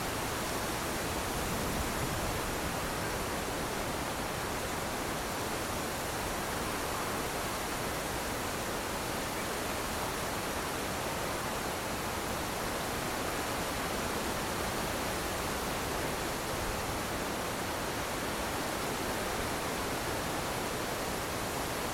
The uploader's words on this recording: Summer Breeze: Wind Sounds. The sound of a steady summer wind rustling through the trees.